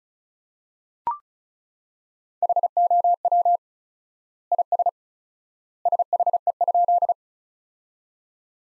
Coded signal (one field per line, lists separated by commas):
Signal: Morse code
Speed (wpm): 36 wpm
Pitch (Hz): 700 Hz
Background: none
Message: HOW IS SHE?